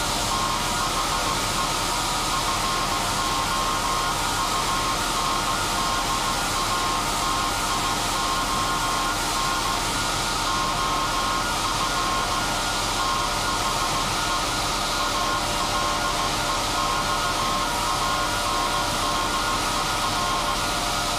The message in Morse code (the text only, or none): THE FOUNDATION OF THE ALEXANDER